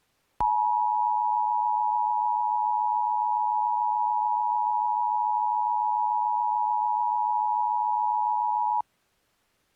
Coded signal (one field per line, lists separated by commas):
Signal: Emergency Alert System (SAME) tones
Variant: 853 and 960 Hz attention tone